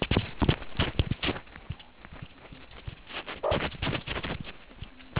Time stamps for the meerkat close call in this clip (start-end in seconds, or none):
3.44-3.56